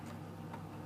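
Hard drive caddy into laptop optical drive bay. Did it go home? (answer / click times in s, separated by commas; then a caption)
no / none. A hard-drive caddy is handled as it goes into a laptop's CD/DVD optical drive bay, with steady low hum and faint soft handling noise throughout the 0.9-second clip. The caddy has not seated or clicked into place yet.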